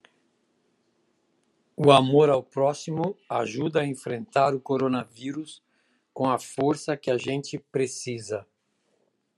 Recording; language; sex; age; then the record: spoken sentence; Brazilian Portuguese; male; 70 to 79 years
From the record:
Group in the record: control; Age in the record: 75 years